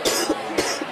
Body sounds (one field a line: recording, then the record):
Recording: coughing mixed with background sound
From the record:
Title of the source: 55 gaggy wet cough